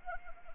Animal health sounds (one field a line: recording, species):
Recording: mosquito wingbeat signal from an infrared sensor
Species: Anopheles arabiensis